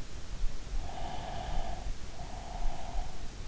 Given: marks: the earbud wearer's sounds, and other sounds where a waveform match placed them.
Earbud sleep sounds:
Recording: sounds in sleep by an in-ear microphone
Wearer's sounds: breath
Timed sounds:
0.95-3.41 s: breath

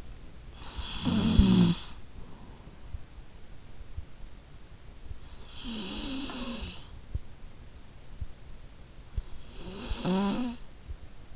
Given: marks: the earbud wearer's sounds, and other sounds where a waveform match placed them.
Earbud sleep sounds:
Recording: sounds in sleep by an in-ear microphone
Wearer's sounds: snoring breath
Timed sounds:
0.00-3.19 s: snoring breath
4.79-7.65 s: snoring breath
8.91-11.36 s: snoring breath

